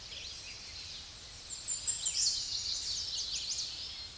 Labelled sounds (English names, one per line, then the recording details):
American Redstart song
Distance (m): 15 m
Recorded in a Pennsylvania forest on 16 May 2024 at 06:55
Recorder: AudioMoth, point MSD-2273
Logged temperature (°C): 16.0 °C
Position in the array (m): 49 m, 226 m